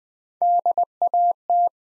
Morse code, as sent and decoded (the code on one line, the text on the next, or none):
-.. .- -
DAT